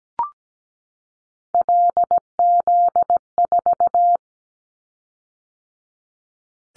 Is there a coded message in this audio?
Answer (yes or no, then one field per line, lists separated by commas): yes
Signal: Morse code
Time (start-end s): 1.5-4.2 s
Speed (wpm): 17 wpm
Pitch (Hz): 700 Hz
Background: none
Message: LZ4